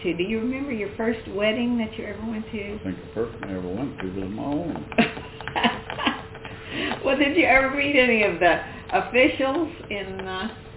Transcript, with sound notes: Do you remember your first wedding that you ever went to?
I think the first one I ever went to was my own!
(Laughter) Well did you ever read any of the officials in the--